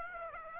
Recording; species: mosquito wingbeat signal from an infrared sensor; Aedes aegypti